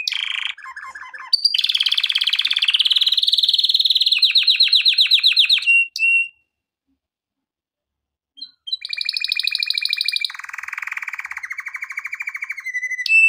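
Canary singing rapid rattling trills and rolls, falling silent for about two seconds before resuming with varied trilled phrases.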